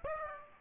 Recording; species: mosquito wingbeat signal from an infrared sensor; Aedes aegypti